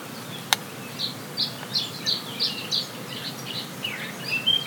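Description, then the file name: Birds giving a series of short high chirps spaced roughly every third of a second, plus one sharp click early on and a soft background hiss. Forest birds on La Palma, binaural 3D recording. "Zvuki lesa Vogel La Palma"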